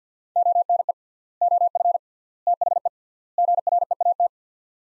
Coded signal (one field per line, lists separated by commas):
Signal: Morse code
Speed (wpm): 50 wpm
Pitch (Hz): 700 Hz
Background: none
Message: ONE OF THE GREAT